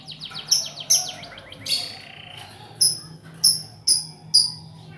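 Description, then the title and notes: Lovebird chirping in a rapid series of squeaky notes, then spaced high chips repeated about every half second. Lovebird ngekek song, used as a lure song (kicau pancingan). "Master Kicau Lovebird ngekek, kicau pancingan"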